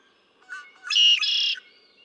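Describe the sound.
Red-winged blackbird song: brief stuttered opening notes running into a loud, harsh, buzzy trill lasting under a second.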